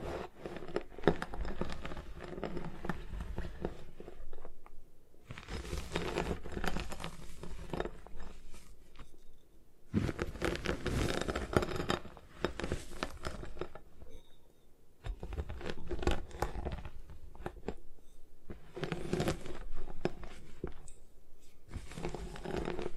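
Gym chalk being crushed and crumbled in repeated bursts of dry, gritty crunching and scraping, each lasting a few seconds with short quieter gaps between. The texture is dense and crackly, with bright grainy detail over a low thumping undertone.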